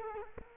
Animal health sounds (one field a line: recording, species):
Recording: mosquito wingbeat signal from an infrared sensor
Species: Culex quinquefasciatus